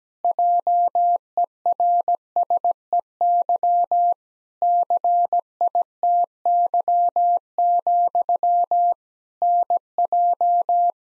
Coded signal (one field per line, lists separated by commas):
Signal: Morse code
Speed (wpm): 17 wpm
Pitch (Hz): 700 Hz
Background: none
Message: JERSEY CITY, NJ